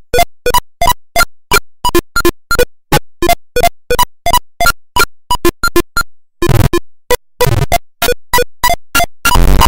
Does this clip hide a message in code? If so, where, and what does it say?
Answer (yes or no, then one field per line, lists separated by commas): no